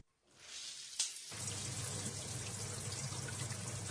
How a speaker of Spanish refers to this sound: Abro la ducha. Me meto por inercia. No sé si me quemo o me estoy cagando de frío.